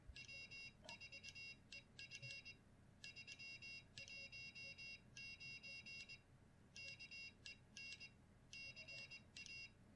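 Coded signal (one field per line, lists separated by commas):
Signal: Morse code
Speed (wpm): 20 wpm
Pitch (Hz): 2750 Hz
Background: none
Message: W4EF 319 KEN CA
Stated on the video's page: CW practice with Iambic Master software and a WinKeyer USB external keyer.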